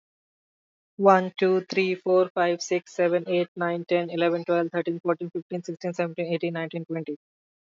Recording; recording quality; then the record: counting at a fast pace; excellent, no background noise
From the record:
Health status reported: respiratory illness, not identified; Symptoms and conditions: none ticked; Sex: male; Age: 22 years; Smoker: not ticked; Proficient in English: yes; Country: India